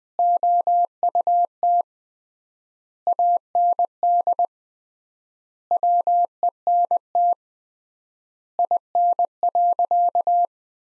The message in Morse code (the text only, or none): OUT AND WENT IN.